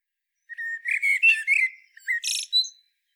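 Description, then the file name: Common blackbird singing a single phrase, a rich warbled whistle that breaks into a thin, chattering flourish at the end. "Turdus merula"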